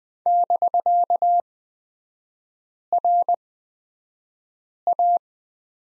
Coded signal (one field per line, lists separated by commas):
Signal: Morse code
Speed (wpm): 20 wpm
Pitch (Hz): 700 Hz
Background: none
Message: <BK>RA